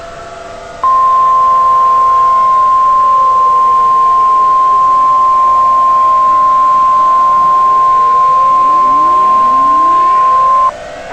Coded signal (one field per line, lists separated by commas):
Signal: Emergency Alert System (SAME) tones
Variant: 1050 Hz attention tone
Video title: EAS Scenario: Tornado Alley Death Trap 2